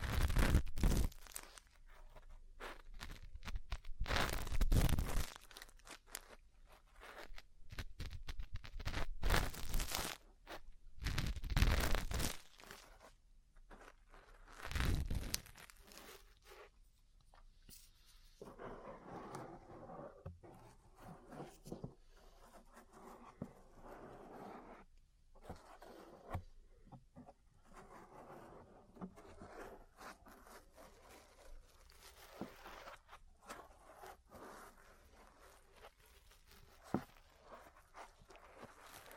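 Ear cleaning and massage sounds with sharp scratchy bursts and loud rustling strokes in the first fifteen seconds, especially around 1, 5, 10 and 12 seconds. After that it settles into softer, steady rubbing and muffled tapping with faint crackles, continuing quietly to the end.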